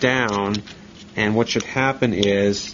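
A laptop DIMM RAM memory module is being handled at its laptop motherboard slot, where it is to be pushed in and pressed down until the two metal retaining rods snap into the module's side grooves. Someone talks throughout, with no distinct click heard. Nothing has seated or clicked yet.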